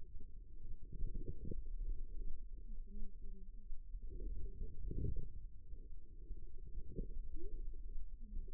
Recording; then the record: forearm muscle sounds (acoustic myography)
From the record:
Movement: wrist flexion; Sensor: system 2, bracelet of six BSWA MPA416 microphones around the upper forearm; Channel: 3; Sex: female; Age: 25 years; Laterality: right